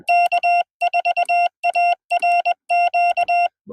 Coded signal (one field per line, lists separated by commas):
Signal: Morse code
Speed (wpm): 21 wpm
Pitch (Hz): 2750 Hz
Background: none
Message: K4ARQ